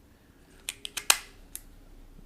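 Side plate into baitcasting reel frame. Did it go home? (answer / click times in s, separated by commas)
yes / 1.1 s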